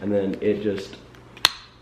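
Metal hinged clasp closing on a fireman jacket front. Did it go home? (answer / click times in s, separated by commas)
yes / 1.5 s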